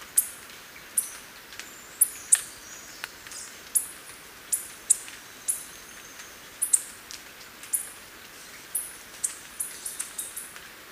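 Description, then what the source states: Yellow-throated Bush Tanager calling with thin, high-pitched chips repeated about once a second, occasionally doubled, against a quiet, steady background hiss. Ecuador.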